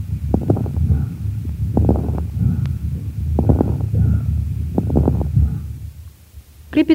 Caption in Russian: На высоте вдоха, когда происходит расправление пораженных альвеол, возникает особый звук, напоминающий нежный треск. Крепитация, в отличие от хрипов, не изменяется после покашливания. На фоне бронхиального дыхания, вы услышите крепитацию. Крепитация может быть выслушана на первой и третьей стадиях крупозной пневмонии, при бронхопневмонии, а также у пациентов с пневмосклерозом, компрессионным ателектазом и левожелудочковой сердечной недостаточностью.